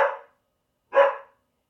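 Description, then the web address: Dog gives two sharp barks, the second about a second after the first, with silence in between. "Tom Hutchings Dog Barking 1"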